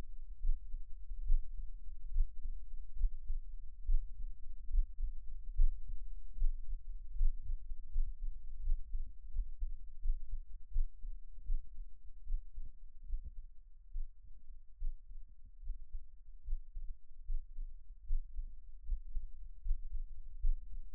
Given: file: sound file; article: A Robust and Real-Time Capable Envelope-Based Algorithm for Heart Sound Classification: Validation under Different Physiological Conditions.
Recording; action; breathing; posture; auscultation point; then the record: heart sounds by electronic stethoscope; rest; normal; sitting; sternum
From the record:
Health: healthy, no known heart disease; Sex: male